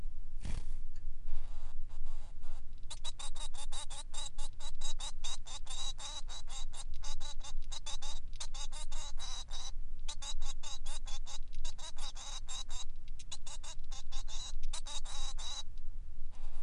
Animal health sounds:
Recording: song of a male Bengalese finch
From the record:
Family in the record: son of father 3

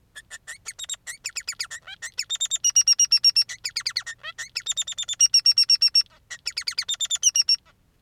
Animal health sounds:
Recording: song of a male Bengalese finch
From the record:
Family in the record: son of father 3

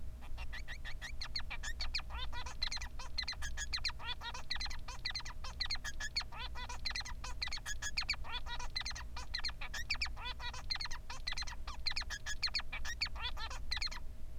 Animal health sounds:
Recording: song of a male Bengalese finch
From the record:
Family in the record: son of father 3

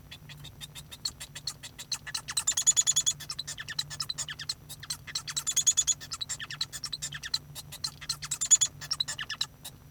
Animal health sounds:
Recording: song of a male Bengalese finch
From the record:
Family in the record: son of father 1

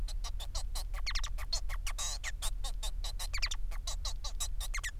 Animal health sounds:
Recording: song of a male Bengalese finch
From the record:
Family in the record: son of father 4

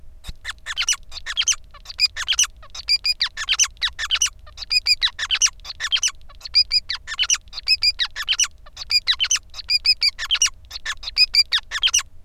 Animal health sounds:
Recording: song of a male Bengalese finch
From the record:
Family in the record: son of father 5

